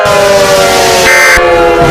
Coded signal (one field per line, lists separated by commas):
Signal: Emergency Alert System (SAME) tones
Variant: end-of-message bursts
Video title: Nuclear Disaster: An EAS Short